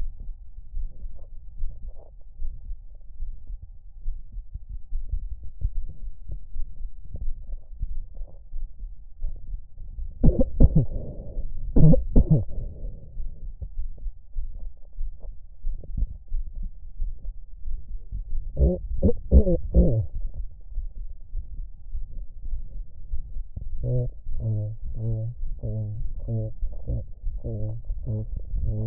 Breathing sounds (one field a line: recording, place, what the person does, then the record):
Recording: lung sounds by stethoscope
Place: left anterior apical chest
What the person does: quiet breathing, then cough and speech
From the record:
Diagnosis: none (healthy)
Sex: male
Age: 30 years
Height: 190 cm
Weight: 88 kg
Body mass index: 24.4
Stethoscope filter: extended mode